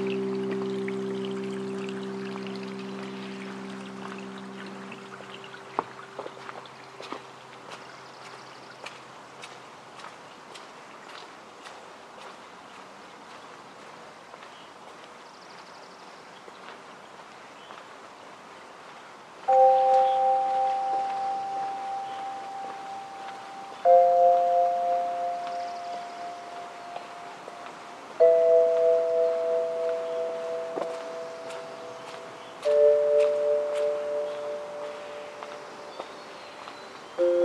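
In the Upper Macleay section of Forest Park in Portland, Oregon, a low ringing chord fades out over the first ten seconds. From about twenty seconds, four struck bell-like tones sound every four seconds, each a little lower than the last. Faint clicks and ticks continue throughout.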